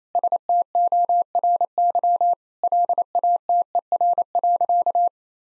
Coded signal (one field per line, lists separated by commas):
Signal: Morse code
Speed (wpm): 28 wpm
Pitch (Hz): 700 Hz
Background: none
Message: STORY LATER.